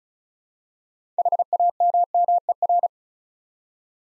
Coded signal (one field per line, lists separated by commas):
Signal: Morse code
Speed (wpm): 36 wpm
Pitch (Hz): 700 Hz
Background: none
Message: HAMMER